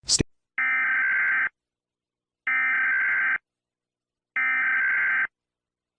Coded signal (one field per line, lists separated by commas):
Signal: Emergency Alert System (SAME) tones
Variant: header bursts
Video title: EAS Scenario 2: Helluva Boss Massacre!